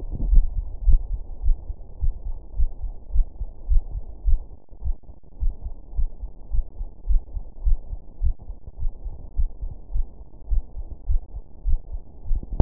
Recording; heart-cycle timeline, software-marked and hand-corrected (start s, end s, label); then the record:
heart sounds
0.00	0.86	noise
0.86	1.02	S1
1.02	1.12	systole
1.12	1.22	S2
1.22	1.44	diastole
1.44	1.58	S1
1.58	1.68	systole
1.68	1.78	S2
1.78	2.02	diastole
2.02	2.14	S1
2.14	2.26	systole
2.26	2.36	S2
2.36	2.58	diastole
2.58	2.70	S1
2.70	2.82	systole
2.82	2.92	S2
2.92	3.12	diastole
3.12	3.26	S1
3.26	3.38	systole
3.38	3.48	S2
3.48	3.70	diastole
3.70	3.84	S1
3.84	3.94	systole
3.94	4.04	S2
4.04	4.26	diastole
4.26	4.40	S1
4.40	4.52	systole
4.52	4.60	S2
4.60	4.84	diastole
4.84	4.96	S1
4.96	5.08	systole
5.08	5.18	S2
5.18	5.42	diastole
5.42	5.54	S1
5.54	5.64	systole
5.64	5.74	S2
5.74	5.96	diastole
5.96	6.10	S1
6.10	6.22	systole
6.22	6.30	S2
6.30	6.52	diastole
6.52	6.66	S1
6.66	6.78	systole
6.78	6.88	S2
6.88	7.08	diastole
7.08	7.22	S1
7.22	7.34	systole
7.34	7.44	S2
7.44	7.64	diastole
7.64	7.78	S1
7.78	7.90	systole
7.90	8.00	S2
8.00	8.22	diastole
8.22	8.36	S1
8.36	8.48	systole
8.48	8.58	S2
8.58	8.80	diastole
8.80	8.92	S1
8.92	9.04	systole
9.04	9.14	S2
9.14	9.38	diastole
9.38	9.50	S1
9.50	9.62	systole
9.62	9.72	S2
9.72	9.94	diastole
9.94	10.06	S1
10.06	10.18	systole
10.18	10.28	S2
10.28	10.50	diastole
10.50	10.64	S1
10.64	10.76	systole
10.76	10.86	S2
10.86	11.08	diastole
11.08	11.22	S1
11.22	11.34	systole
11.34	11.42	S2
11.42	11.66	diastole
11.66	11.80	S1
11.80	11.92	systole
11.92	12.02	S2
12.02	12.28	diastole
12.28	12.44	S1
12.44	12.56	systole
12.56	12.62	S2
From the record:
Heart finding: coronary artery disease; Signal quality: good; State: rest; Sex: female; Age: 63 years